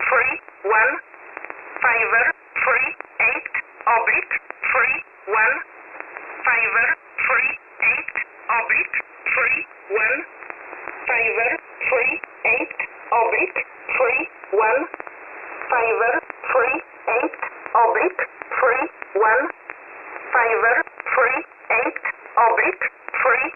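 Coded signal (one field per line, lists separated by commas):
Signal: numbers station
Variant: E11 Oblique, English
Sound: clipped radio voice reading digits in English, evenly paced, through narrowband static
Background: radio static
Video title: 21 09 2022 Numbers Station E11 Oblique in English to Eu 0900 on 9968 Warsaw in USB mode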